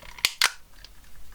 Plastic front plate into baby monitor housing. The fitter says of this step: snap in place.